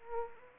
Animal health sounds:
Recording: mosquito wingbeat signal from an infrared sensor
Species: Anopheles arabiensis

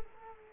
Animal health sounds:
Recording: mosquito wingbeat signal from an infrared sensor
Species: Culex quinquefasciatus

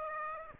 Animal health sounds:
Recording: mosquito wingbeat signal from an infrared sensor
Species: Aedes aegypti

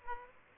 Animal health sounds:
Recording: mosquito wingbeat signal from an infrared sensor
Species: Aedes aegypti

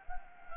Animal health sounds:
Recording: mosquito wingbeat signal from an infrared sensor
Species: Anopheles arabiensis

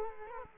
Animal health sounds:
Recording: mosquito wingbeat signal from an infrared sensor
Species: Culex quinquefasciatus

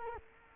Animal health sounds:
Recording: mosquito wingbeat signal from an infrared sensor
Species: Culex quinquefasciatus

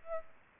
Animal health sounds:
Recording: mosquito wingbeat signal from an infrared sensor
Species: Aedes aegypti

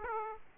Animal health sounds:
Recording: mosquito wingbeat signal from an infrared sensor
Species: Aedes aegypti

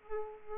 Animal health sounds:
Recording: mosquito wingbeat signal from an infrared sensor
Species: Aedes aegypti

